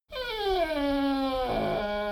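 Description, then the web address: Dogo Argentino whining, a long tonal harmonic whine that slides downward, levels off, then breaks into a wavering, strained note near the end. "soundpool geraeusche natur-tiere hunde"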